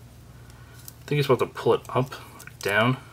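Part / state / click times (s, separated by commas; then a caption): plastic body panel into the figure's torso / not seated / none. A plastic body panel over the cockpit of a transforming toy figure is handled and pushed down toward its torso during conversion, with faint handling ticks near 0.5 s and 0.9 s before someone talks. The panel has not locked in yet, and nothing has seated or clicked by the end.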